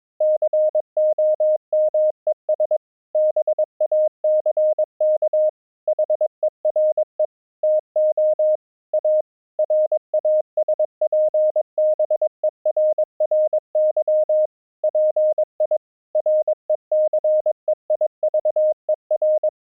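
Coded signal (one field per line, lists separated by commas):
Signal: Morse code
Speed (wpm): 22 wpm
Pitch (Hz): 620 Hz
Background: none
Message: COMES BACK HERE TO A RASPBERRY PI RECEIVER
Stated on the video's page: Morse used as a test signal, streamed between two locations over a low-latency MP3 audio link.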